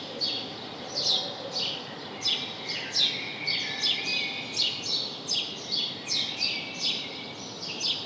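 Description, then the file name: House sparrow chirps: a fast, irregular series of bright chip notes, with light hiss behind. "Passer domesticus"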